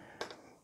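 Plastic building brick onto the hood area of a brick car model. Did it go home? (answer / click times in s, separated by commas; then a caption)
yes / 0.2 s. A plastic brick that fell off near the hood of a JIE STAR 92004 DeLorean brick car model, likely because the hood sat slightly skewed, is pressed back into place. One sharp tap seats it at 0.2 s, followed by a softer click around 0.3 s. The faint background noise then fades out.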